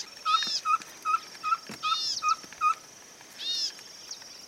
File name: Cabure-Chico Voz